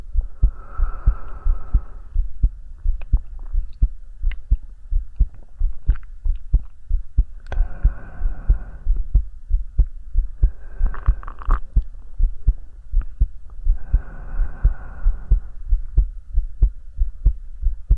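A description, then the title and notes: A heartbeat thumps steadily and low, roughly twice per second, through the whole recording. Over it, breathing comes in slow breaths: hissy inhales and exhales around 0–2, 7.5–9, 10.5–12 and 14–15.5 seconds, with a faint hum underneath. ASMR Hugging your Head HeartBeat with Breathing.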